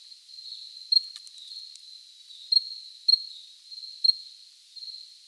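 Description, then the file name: Cricket trill, high and wavering, with a few widely spaced chirps and a burst of clicking noise early on. Recorded close up. "Cricket close recording JJ"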